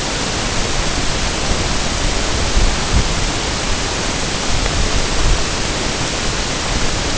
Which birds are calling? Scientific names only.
none